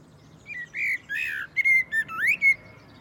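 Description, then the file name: Common blackbird delivers a varied warbled phrase of rich whistles mixed with scratchy high twitters, ending on a rising note. "Turdus merula"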